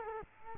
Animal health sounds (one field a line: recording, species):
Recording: mosquito wingbeat signal from an infrared sensor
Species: Culex quinquefasciatus